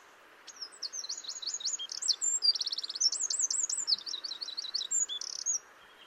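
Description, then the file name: Eurasian wren delivering a loud, high, fast song of swept notes, a buzzy trill and rolling looped phrases, lasting about five seconds. "Troglodytes troglodytes"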